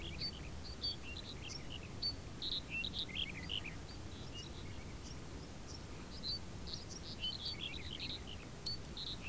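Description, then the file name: Many birds chirp and twitter almost continuously in high, quick notes, layered over a soft steady low rumble. Birds in a field, background ambience. "Background of a Field with Birds"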